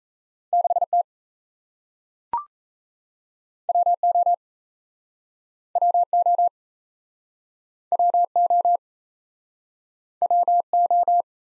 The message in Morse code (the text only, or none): 6T WO WO WO WO